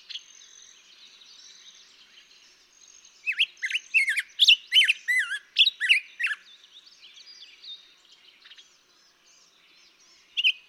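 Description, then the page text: Black-headed grosbeak singing a fast run of sweet, looping whistled notes lasting about three seconds, preceded and followed by faint soft twittering, with one final note at the end. Daytime singing, second example; May 17, 2016, Mt. Graham, Arizona. "Birdsong for the Curious Naturalist. Black-headed grosbeak"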